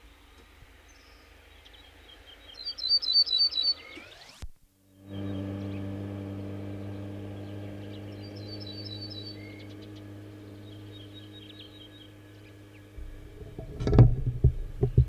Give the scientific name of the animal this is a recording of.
Emberiza hortulana